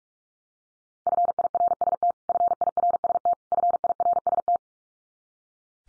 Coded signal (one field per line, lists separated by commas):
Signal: Morse code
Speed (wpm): 44 wpm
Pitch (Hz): 700 Hz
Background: none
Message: FIRST FIRST FIRST